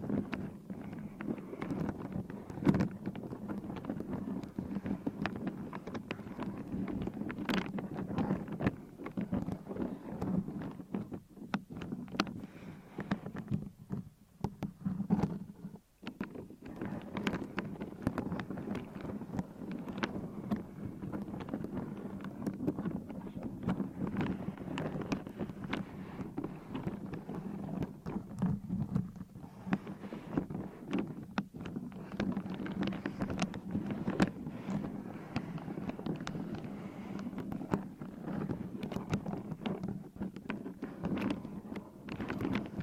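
Scratching, tapping and massage sounds form a dense, continuous rustle with a low, rumbling undertone. Quick taps and scrapes crowd in at an irregular, rapid pace throughout, easing briefly around the fifteen-second mark before the busy rubbing resumes.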